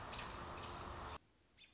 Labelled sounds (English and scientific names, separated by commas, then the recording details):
American Robin (Turdus migratorius)
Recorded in Sonoma County, California